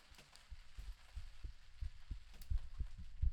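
Soft, low, muffled thumps repeat at roughly 80 beats a minute, in a loosely steady rhythm. This is an adult heartbeat heard close to the chest, with faint background hiss.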